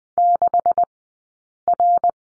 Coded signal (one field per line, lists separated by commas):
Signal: Morse code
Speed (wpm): 20 wpm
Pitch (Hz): 690 Hz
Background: none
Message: 6R